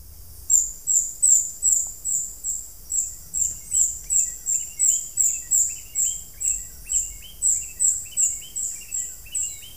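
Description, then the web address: Brown Inca giving a rapid, rhythmic series of many high chips, with lower chirping notes repeated alongside. Ecuador. "Natures Songs S America Birds of Ecuador Brown Inca"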